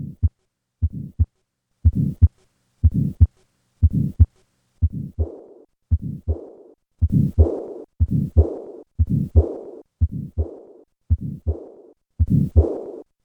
Tetralogy of Fallot. Combined murmurs of subpulmonic stenosis and pulmonic insufficiency.